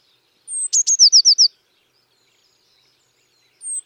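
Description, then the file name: Eurasian Blue Tit song: a high thin introductory note followed by a quick trill of about six down-slurred notes, with another phrase starting at the end; otherwise quiet. "Cyanistes caeruleus"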